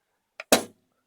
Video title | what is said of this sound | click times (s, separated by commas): Assembly | and it does take some pressure to put into place you should hear clicking sound when it's finally locked into place | 0.4 s, 0.5 s